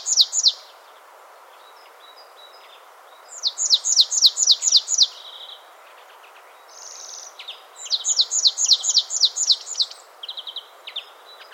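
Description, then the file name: Marsh tit giving rapid bursts of high, downslurred notes, with short buzzy calls between the runs. "Poecile palustris"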